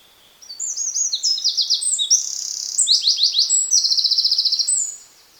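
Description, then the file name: Eurasian wren singing a rapid, piercing cascade of high notes and buzzy trills for about four seconds, closing with a fast even rattle. "Troglodytes troglodytes"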